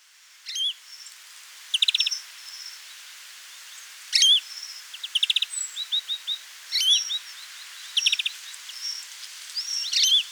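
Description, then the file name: European greenfinch calls: short chirps and quick rattling trills in bursts every second or two. "Chloris chloris"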